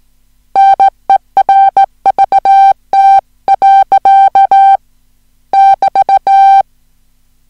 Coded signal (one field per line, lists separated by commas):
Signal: Morse code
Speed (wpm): 17 wpm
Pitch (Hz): 780 Hz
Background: music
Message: NERVT. <BT>